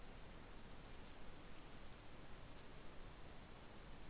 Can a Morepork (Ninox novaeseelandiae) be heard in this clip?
no